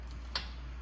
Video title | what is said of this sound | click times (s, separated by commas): How to Replace Front Brakes on a 2007-2016 Volvo S80 - Brake Pads & Rotors DIY | You heard it clip in. | 0.4 s